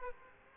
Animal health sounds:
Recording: mosquito wingbeat signal from an infrared sensor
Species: Aedes aegypti

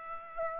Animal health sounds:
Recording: mosquito wingbeat signal from an infrared sensor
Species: Aedes aegypti

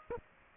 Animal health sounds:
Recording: mosquito wingbeat signal from an infrared sensor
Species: Aedes aegypti

